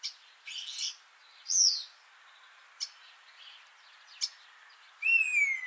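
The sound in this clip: Common starling calls: scattered clicks and short squeaks, then a clear descending whistle near the end.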